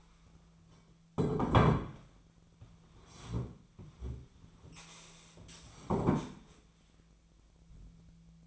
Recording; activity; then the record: daily activity, microphone in the room; sit down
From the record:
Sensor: 1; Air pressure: 1008.1 hPa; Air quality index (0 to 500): 191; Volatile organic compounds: 17 ppm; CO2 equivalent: 2582 ppm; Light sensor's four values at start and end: 13/32/13/14 and 13/33/13/15